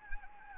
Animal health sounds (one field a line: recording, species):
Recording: mosquito wingbeat signal from an infrared sensor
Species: Anopheles arabiensis